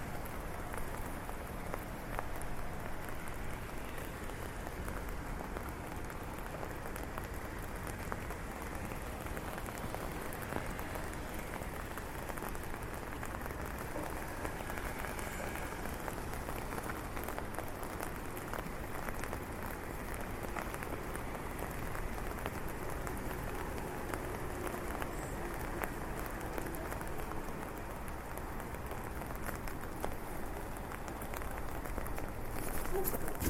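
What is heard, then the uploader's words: Rain falls steadily on a street while someone walks through it, a dense, even patter of drops spread from low to bright tones. The level holds constant for the whole stretch, with small splashes and taps scattered throughout and a slightly louder moment at the very end. Walking in the rain streets of Switzerland with a very high-definition binaural microphone.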